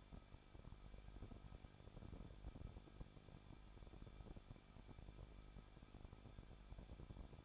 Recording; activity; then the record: daily activity, microphone in the room; no activity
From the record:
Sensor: 5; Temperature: 20.8 degrees Celsius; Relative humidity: 38.3%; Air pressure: 1006.4 hPa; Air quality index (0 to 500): 189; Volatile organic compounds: 19 ppm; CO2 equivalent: 2654 ppm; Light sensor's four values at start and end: 2/3/1/1 and 2/3/1/1